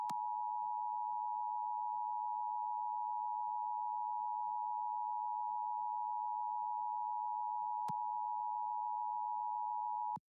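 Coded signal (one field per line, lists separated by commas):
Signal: Emergency Alert System (SAME) tones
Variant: 853 and 960 Hz attention tone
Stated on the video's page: SAME tones heard during an AM station's 10-minute "going dark" DX test at sign-off, received on a Perseus SDR.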